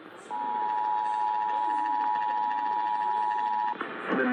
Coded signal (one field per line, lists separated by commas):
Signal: Emergency Alert System (SAME) tones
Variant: 853 and 960 Hz attention tone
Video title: Eas Shv Svr on KWKH-AM Eas#1928